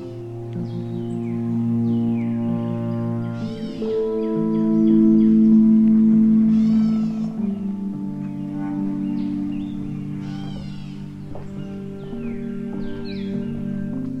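Swamp wildlife chorus: steady low droning calls and layered tones, with repeated rising chirps and whistles from birds or frogs throughout.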